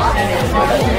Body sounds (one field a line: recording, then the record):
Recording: background sound without coughing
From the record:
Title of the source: Nightlife Party Simulating Party Club Noise 1 Hour